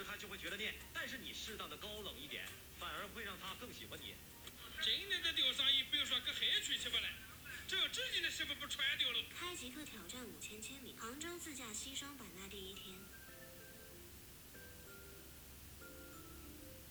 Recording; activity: daily activity, guitar pickup as the sensor; browse video